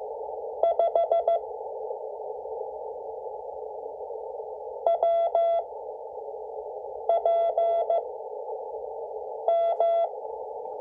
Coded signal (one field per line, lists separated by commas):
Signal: Morse code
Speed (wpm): 15 wpm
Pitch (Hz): 670 Hz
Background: none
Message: 5 WPM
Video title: 5 WPM MORSE CODE PRACTICE - W1AW